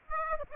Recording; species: mosquito wingbeat signal from an infrared sensor; Aedes aegypti